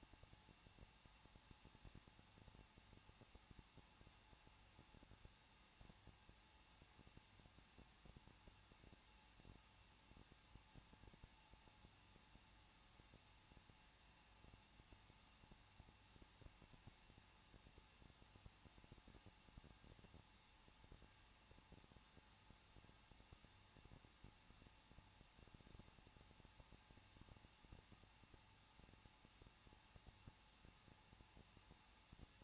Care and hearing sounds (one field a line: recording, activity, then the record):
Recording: daily activity, microphone in the room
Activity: no activity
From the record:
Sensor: 1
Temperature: 20.1 degrees Celsius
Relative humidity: 39.1%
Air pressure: 1006.3 hPa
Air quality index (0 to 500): 217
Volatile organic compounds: 75 ppm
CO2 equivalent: 3566 ppm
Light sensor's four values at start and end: 1/2/1/1 and 1/2/1/1